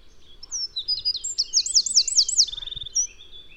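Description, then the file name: Eurasian wren singing a brief burst of high, piercing notes that run into a fast trill and a short lower rattle, over light background hiss. "Troglodytes troglodytes"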